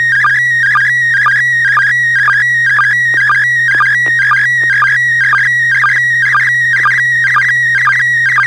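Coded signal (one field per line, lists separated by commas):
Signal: SSTV (slow-scan television)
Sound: warbling tone shifting between pitches, with short regular low sync blips about twice a second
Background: low electrical hum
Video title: N6NA SSTV Net - 09/15/2021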